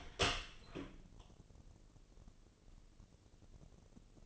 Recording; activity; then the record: daily activity, microphone in the room; open door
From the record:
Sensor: 4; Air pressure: 1013.2 hPa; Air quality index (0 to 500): 179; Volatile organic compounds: 2 ppm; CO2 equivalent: 1128 ppm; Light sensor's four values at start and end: 67/164/69/69 and 90/226/93/98